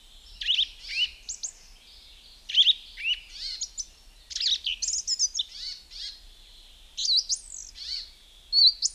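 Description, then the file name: Song Thrush singing a run of varied short phrases, whistles and squeaky notes, with short gaps between them. "Zvuki ptic - Pevchij drozd"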